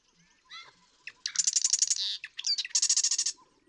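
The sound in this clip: Marsh Wren singing a quick run of clicks and squeaky notes that breaks into two rapid, mechanical rattling trills, each under a second.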